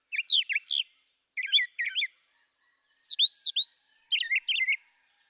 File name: Brown Thrasher